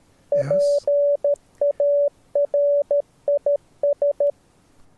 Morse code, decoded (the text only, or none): PARIS